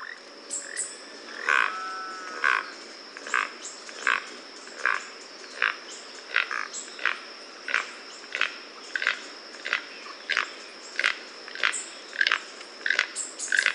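Toucan giving short croaking calls about every 0.7 seconds, fairly regular, over a steady high-pitched background tone.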